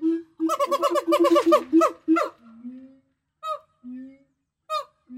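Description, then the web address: Gibbon calls: a low hoot, then a fast burst of harsh harmonic notes, followed by a few spaced hoots. "гиббон"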